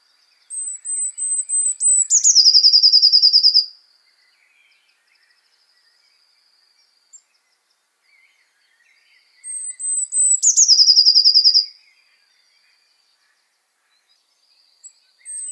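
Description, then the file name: Eurasian blue tit giving two calls roughly nine seconds apart, each a string of very high thin notes running into a dense buzzy churr, with another starting at the end. "Cyanistes caeruleus"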